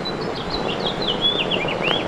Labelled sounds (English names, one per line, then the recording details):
House Finch song
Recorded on Long Island, New York, on 8 May 2012
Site VS
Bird B